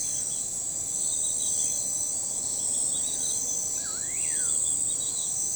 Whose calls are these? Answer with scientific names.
Nyctidromus albicollis